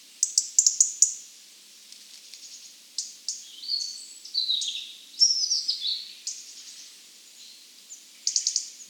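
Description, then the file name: European robin delivering rapid, high warbling and trilled phrases, sliding up and down, with brief gaps between them. "Erithacus rubecula"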